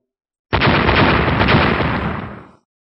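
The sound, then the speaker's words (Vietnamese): A single loud, thunderous explosion erupts suddenly as a spear collides with a blinding light, a dense full-band roar that sustains for about two seconds before fading and cutting off, with no voices. “Một tiếng ầm long trời vang lên, diệt thượng mâu và ánh sáng chói kia đụng vào nhau.”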